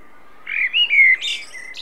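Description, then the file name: Common blackbird singing one short phrase: mellow fluted notes near the middle, then a brief high squeaky twitter at the end. "Turdus merula"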